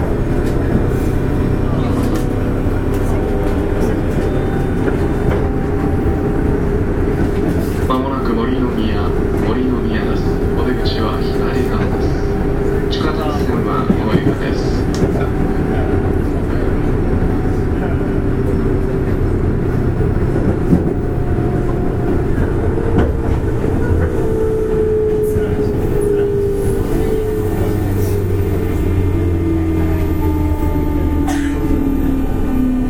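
A JR West 201 series train runs on the Osaka Loop Line, its low rumble steady and dense throughout. Tones rise and fall as the motor changes pitch, with a clear whine sweeping down near the end. Faint clicks and occasional voices sit underneath.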